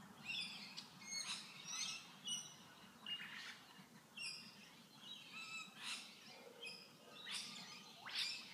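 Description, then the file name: Bird chirping, quick high notes in irregular bursts, some clustered, others spaced about a second apart, with a constant low hum beneath. "Tweets"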